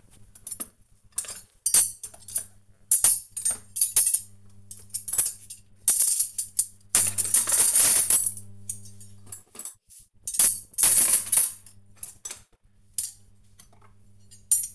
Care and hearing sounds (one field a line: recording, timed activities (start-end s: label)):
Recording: household activities, microphone on the right wrist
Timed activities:
0.00-14.75 s: cleaning out the dishwasher